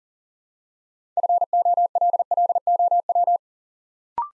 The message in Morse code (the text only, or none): FOLLOW